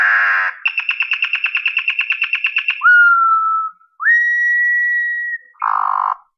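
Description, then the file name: Campo troupial song: a quick train of many clipped whistled notes, then two long steady whistles, the second slightly higher, ending on a short rich note. "Corrupião"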